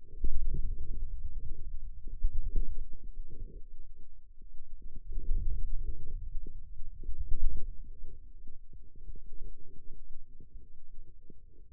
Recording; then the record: forearm muscle sounds (acoustic myography)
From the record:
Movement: wrist extension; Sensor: system 2, bracelet of six BSWA MPA416 microphones around the upper forearm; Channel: 2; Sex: male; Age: 22 years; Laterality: right